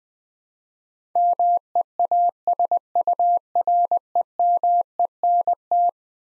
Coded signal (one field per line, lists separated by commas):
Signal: Morse code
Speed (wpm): 20 wpm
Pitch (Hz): 700 Hz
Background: none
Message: MEASUREMENT